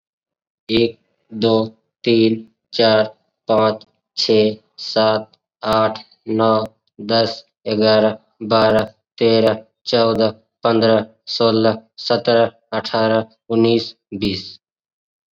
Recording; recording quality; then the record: counting at a normal pace; excellent, no background noise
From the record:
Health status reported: COVID-19 positive, mild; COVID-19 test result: positive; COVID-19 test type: rapid antigen test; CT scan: not taken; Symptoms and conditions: cough, cold, fever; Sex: male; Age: 23 years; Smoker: no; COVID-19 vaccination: both doses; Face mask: worn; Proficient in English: yes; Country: India